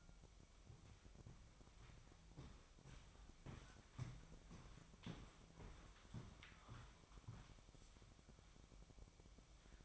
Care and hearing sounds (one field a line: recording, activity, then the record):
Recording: daily activity, microphone in the room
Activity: walk to room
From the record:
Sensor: 1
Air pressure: 999.4 hPa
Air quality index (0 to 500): 197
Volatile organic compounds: 39 ppm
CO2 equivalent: 3133 ppm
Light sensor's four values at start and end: 10/24/9/10 and 9/23/9/10